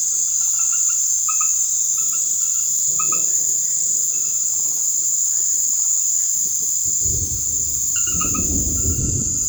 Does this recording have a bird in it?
no